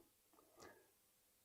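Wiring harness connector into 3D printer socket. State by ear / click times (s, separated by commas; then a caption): not seated / none. A plastic wiring harness connector is turned the right way around and lined up with its socket on a JGMaker Artist-D 3D printer before being pushed home. A faint brief rub is heard near 0.35 s, followed by a louder soft scraping rustle around 0.6 to 0.7 s, then quiet. The connector has not seated or clicked yet.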